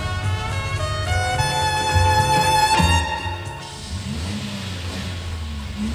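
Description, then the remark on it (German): A car engine is left running inside a garage with the garage door closed; it idles with a steady low rumble and rich harmonic whine, surges in a rev around the third second, then settles into a lower, rougher running drone. “Und jetzt lässt er den Motor laufen.”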